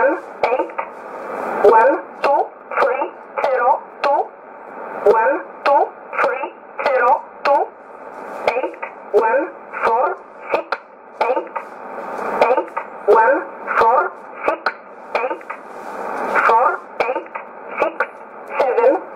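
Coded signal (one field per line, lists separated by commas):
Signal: numbers station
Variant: E11 Oblique, English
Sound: a voice on shortwave reading short, evenly spaced words, likely numbers, for about 19 seconds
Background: radio static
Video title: 30 09 2018 E11 Oblique Numbers station in English to Eu 0808 on 9200 unknown tx site in USB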